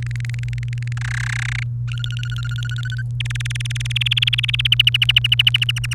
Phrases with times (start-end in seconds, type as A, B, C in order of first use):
0.02-0.93 A, 0.97-1.63 B, 1.88-3.02 C, 3.20-4.67 D, 4.72-5.94 E